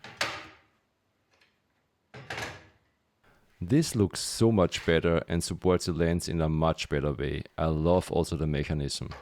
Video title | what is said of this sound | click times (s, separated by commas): 100-Year-Old Camera… REBORN as a Steampunked Cyber Beast! | So there are the magnets and see how it snaps in place. | 0.2 s, 2.3 s